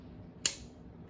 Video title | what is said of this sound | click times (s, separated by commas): How to use JUKI at DTI | your bobbin should just go right in there and you'll hear it click just | 0.5 s